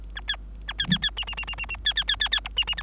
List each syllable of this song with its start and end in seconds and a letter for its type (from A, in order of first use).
0.15-0.20 A, 0.28-0.36 B, 0.68-0.73 A, 0.78-0.86 B, 0.90-0.98 B, 1.02-1.10 B, 1.17-1.25 C, 1.27-1.35 C, 1.37-1.45 C, 1.47-1.55 C, 1.57-1.66 C, 1.69-1.76 C, 1.85-1.94 B, 1.96-2.04 B, 2.08-2.16 B, 2.20-2.29 B, 2.32-2.40 B, 2.44-2.49 D, 2.56-2.64 C, 2.67-2.75 C, 2.77-2.82 E